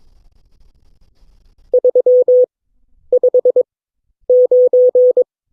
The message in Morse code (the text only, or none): 359